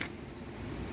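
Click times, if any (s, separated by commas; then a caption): none. A pleated cab window blind in a 2020 Swift Escape 674 motorhome is pulled up from the bottom, which keeps it from getting stuck and twisted, and lifted toward its top catch on the windscreen frame. A brief sharp tick at 0.0 s gives way to a steady, low, rumbling handling noise. Nothing has seated or clicked yet.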